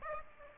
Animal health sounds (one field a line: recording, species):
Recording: mosquito wingbeat signal from an infrared sensor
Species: Aedes aegypti